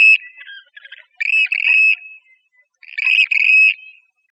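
Western grebe calls: loud harsh rasping notes in paired bursts, with softer chattering fragments between them.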